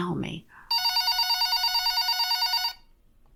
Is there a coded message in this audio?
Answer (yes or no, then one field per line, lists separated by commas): no